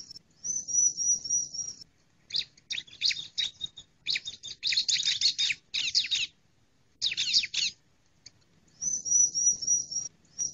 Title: Kicau Ciblek